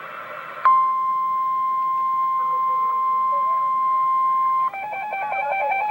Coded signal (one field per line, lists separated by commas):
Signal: Emergency Alert System (SAME) tones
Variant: 1050 Hz attention tone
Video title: REAL EAS 955-Flash flood warning